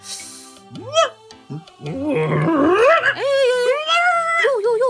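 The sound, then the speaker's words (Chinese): Voices imitate a village yard full of dogs: a few sharp yelps, then a loud, overlapping chorus of whining, whimpering howls rising and falling in pitch for several seconds. “嚯，你们这个狗村真是名副其实啊，满院子的狗啊，怎么回事啊？”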